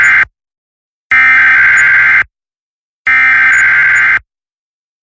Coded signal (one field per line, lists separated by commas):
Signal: Emergency Alert System (SAME) tones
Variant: header bursts